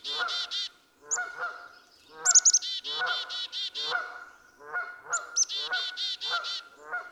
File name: Black-capped Chickadee